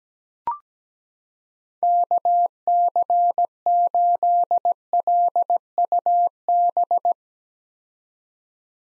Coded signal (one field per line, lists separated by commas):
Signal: Morse code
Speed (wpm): 17 wpm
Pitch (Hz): 700 Hz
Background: none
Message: KC8LUB